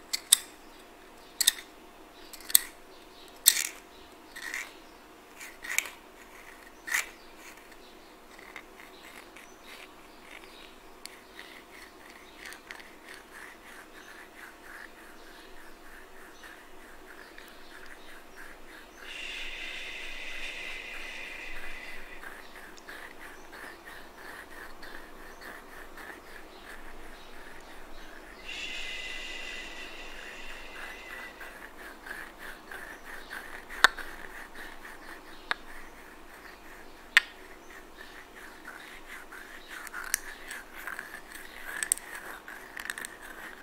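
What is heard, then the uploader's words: Sharp taps repeat steadily over the first seven seconds, then soft scratching continues with two brighter rasping bursts and scattered clicks near the end. ASMR Scratching & Tapping!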